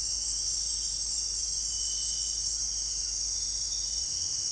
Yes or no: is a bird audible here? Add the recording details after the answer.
no. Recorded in dense forest near Puerto Asís, Putumayo, Colombia, on 20 December 2024 at 18:00. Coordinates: 0.484, -76.325. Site G056